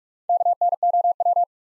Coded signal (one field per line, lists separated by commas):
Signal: Morse code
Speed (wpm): 48 wpm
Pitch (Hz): 700 Hz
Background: none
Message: KNOW